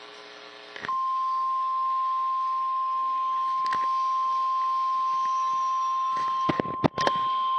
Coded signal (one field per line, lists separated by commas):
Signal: Emergency Alert System (SAME) tones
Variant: 1050 Hz attention tone